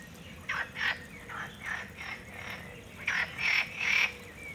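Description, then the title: Frog croaking in short harsh bursts, a series of them, then a cluster of three louder, rasping calls near the end. Recorded in a university botanical garden in Valencia; binaural headset recording made into an iPhone. "Jardí Botànic de la Universitat de València - Frogs"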